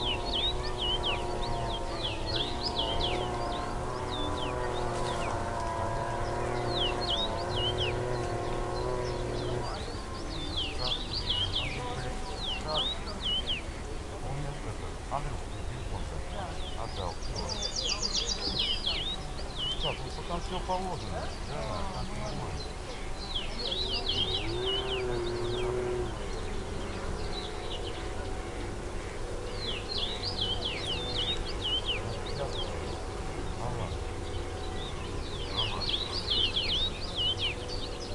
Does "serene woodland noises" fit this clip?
yes